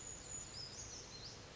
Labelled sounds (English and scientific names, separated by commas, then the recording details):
Brown Creeper (Certhia americana)
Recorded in Sonoma County, California